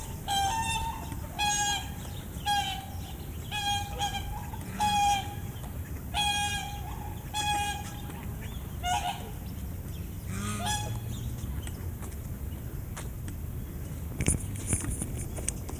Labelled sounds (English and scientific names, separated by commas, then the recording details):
Trumpeter Swan (Cygnus buccinator) call
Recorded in captivity
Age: adult
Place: Tierpark Berlin, Berlin, DE
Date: 2008-08-21 13:35
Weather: 24°C
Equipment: Sony WM-D6C, Sennheiser ME 80, Kopie Uher 4000 Report Monitor
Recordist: Tembrock, Günter